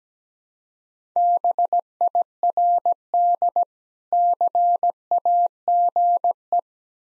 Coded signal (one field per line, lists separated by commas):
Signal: Morse code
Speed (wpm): 17 wpm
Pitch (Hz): 700 Hz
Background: none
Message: BIRD CAGE